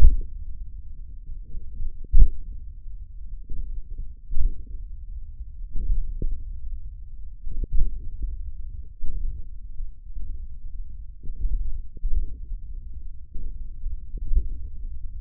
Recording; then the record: forearm muscle sounds (acoustic myography)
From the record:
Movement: hook grip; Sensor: system 1, eight BSWA MPA416 microphones around the upper forearm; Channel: 5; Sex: male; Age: 28 years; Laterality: right